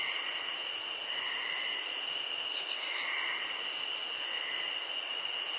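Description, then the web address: Crickets keep up a continuous high-pitched trill, with softer lower notes beneath it. Nature ambience recording. "SFXBible ambience-nature-crickets-frogs"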